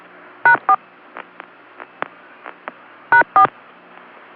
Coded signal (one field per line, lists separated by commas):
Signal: DTMF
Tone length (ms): 100 ms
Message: #4 #4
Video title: Phreaks from Esquire article on "052" conference, part 1, January 1972